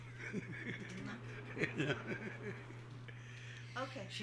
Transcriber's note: laughs